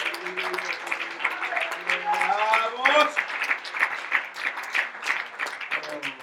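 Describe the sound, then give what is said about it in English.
A crowd claps their hands to the Lord steadily for several seconds, a dense patter of many hands, while voices call out and a sustained tone drifts in and out above the applause. “Oh, somebody clap their hands unto the Lord.”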